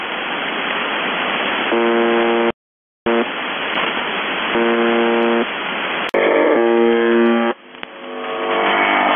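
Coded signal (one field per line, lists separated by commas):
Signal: numbers station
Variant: UVB-76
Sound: three harsh, low buzzes about a second each, separated by hissing radio static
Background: radio static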